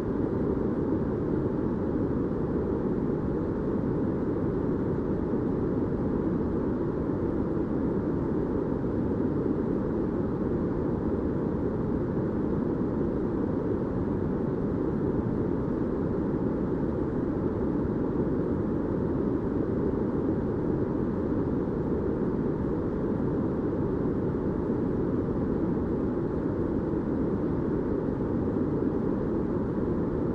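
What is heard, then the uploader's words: Pink noise plays as a steady, dense hiss without a single break or change over the full thirty seconds. It sits low and rounded, strongest in the deep and middle range with a softer top, like a constant rumble of wind or engine. Sleep Sound Pink Noise Ambient Noise - Sleep Machine Sound.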